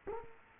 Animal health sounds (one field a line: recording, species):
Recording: mosquito wingbeat signal from an infrared sensor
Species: Culex quinquefasciatus